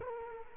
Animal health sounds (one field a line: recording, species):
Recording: mosquito wingbeat signal from an infrared sensor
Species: Culex quinquefasciatus